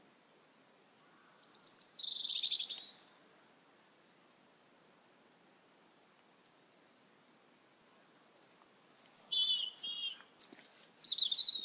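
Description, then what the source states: Bird singing high-pitched whistled phrases, one phrase near the start, a long pause, then several varied notes near the end. Birdsong recorded at night.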